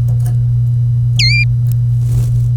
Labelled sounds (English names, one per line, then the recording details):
Domestic Canary song
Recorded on 25 April 2018 at 07:39
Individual llb3